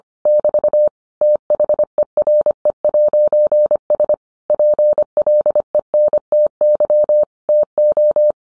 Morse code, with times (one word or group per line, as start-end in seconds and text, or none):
0.3-0.9 <BT>
1.2-4.1 THERE'S
4.5-7.2 PLENTY
7.5-8.3 TO